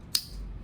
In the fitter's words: that little click right there tells me it is secure, okay?